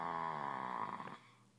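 A single buzzy, tonal snore lasts about a second, holding a steady low pitch before fading into quiet breathing noise. It is a dog named Tristan snoring, with noisy airflow through the upper airway while he is very warm and sniffly.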